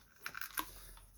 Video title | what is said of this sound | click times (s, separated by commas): Prius HYBRID BATTERY Refurbish - Complete Step by step | You hear it snap. | 0.3 s, 0.6 s